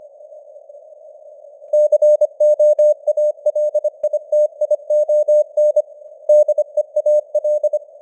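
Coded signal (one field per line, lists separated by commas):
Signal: Morse code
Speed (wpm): 25 wpm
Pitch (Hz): 600 Hz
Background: none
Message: COALITION DEAL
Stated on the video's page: News headlines in Morse at 25 wpm with simulated radio noise and varying signal strength (QSB).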